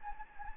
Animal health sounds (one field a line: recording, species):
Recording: mosquito wingbeat signal from an infrared sensor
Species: Anopheles gambiae